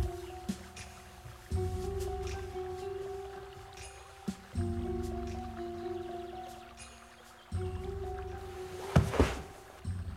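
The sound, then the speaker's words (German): A motorboat moves across water, its engine droning steadily with a tonal hum while waves of rushing water swell in and out, ending in a brief splashy burst. “Er schickt ihn uns mit dem Boot zurück.”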